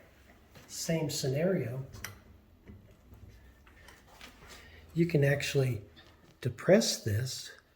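Someone talks while handling a spring-loaded locking pin on a rollator frame, pressing it down toward its hole in the metal tube. A few faint, brief handling sounds are heard between the speech. Nothing has seated or clicked yet.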